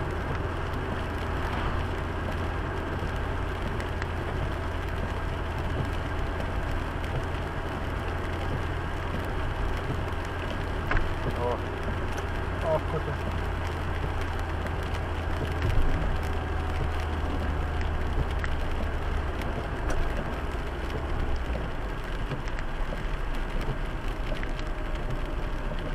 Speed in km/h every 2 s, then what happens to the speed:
79, 79, 79, 79, 80, 81, 80, 77, 74, 70, 67, 64, 63.
0-12 steady at about 79. 12-26 slows to 63.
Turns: none.